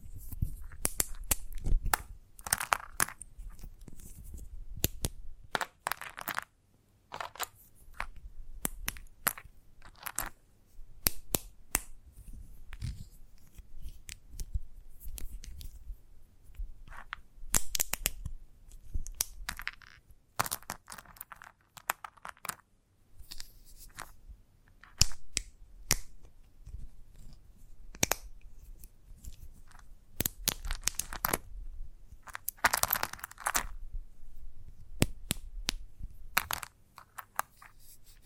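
Chalk tapping, scratching and carving against a hard surface, heard as sharp, bright clicks and short gritty scrapes scattered irregularly across the whole stretch. Some moments cluster into quick bursts, with denser scraping near 3, 18 and 33 seconds, while a low rumble persists underneath.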